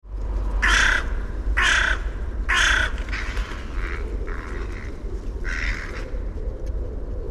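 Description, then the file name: Carrion crow cawing: three loud, harsh caws about a second apart, then several softer caws, over a steady low rumble. "Corvus corone"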